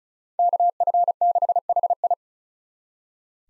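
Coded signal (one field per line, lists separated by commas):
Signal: Morse code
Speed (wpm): 36 wpm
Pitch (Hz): 700 Hz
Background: none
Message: KF6HI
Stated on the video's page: Head-copy drill of common 2023 SOTA chaser call signs at 35 wpm; each call is sent in Morse, spoken, then sent again.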